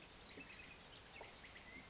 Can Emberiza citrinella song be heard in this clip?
no